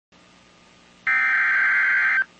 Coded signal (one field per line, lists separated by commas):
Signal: Emergency Alert System (SAME) tones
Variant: header bursts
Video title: SVR Including Winona MN EAS #150